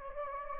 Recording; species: mosquito wingbeat signal from an infrared sensor; Anopheles gambiae